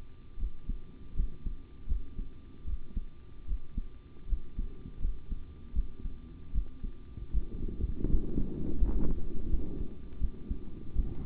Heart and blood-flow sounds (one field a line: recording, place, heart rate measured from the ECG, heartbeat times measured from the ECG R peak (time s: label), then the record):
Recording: heart sounds by stethoscope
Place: between the tricuspid and mitral areas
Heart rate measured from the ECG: 80 bpm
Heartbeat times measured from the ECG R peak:
0.37 s: heartbeat
1.14 s: heartbeat
1.87 s: heartbeat
2.65 s: heartbeat
3.46 s: heartbeat
4.27 s: heartbeat
5.00 s: heartbeat
5.73 s: heartbeat
6.52 s: heartbeat
7.32 s: heartbeat
8.08 s: heartbeat
8.79 s: heartbeat
9.49 s: heartbeat
10.19 s: heartbeat
10.94 s: heartbeat
From the record:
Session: rest, sitting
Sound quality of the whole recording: good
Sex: male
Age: 25 years